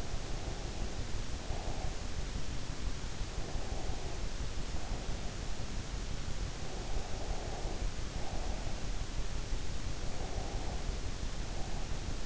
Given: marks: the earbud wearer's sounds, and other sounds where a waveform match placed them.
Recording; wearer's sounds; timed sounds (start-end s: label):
sounds in sleep by an in-ear microphone; breath
0.00-2.22 s: breath
3.19-5.39 s: breath
6.50-9.09 s: breath
9.81-12.26 s: breath